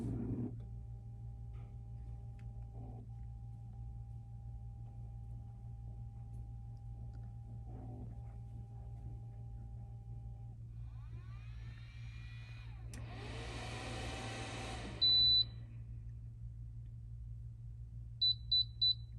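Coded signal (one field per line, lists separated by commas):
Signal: beep code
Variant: Axent smart toilet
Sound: steady hum, a brief high tone, then three quick high-pitched beeps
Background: appliance hum, room noise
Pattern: 3 short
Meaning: Startup cue during which the seat accessory can be paired by clicking the dial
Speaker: You're gonna wait for the 3 beep cue during the startup phase, and then we're gonna repeatedly click on this dial.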